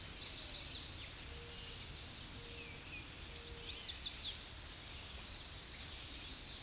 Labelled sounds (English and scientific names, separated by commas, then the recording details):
American Redstart (Setophaga ruticilla) song
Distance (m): 15 m
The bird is about 10 m above the microphone
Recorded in a Pennsylvania forest on 16 May 2024 at 07:40
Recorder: AudioMoth, point MSD-0526
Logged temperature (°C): 16.6 °C
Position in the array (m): 116 m, 230 m